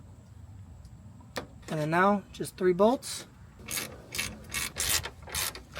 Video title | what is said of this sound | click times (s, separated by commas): I FIXED the CHEAPEST Subaru Forester XT Using a PARTS CAR! (Part 2) | Hood release cable. Lock it in place. | 1.4 s